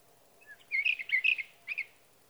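Sage thrasher song snippet: a soft note, then a dense burst of warbled notes and one short cluster before stopping, with faint hiss.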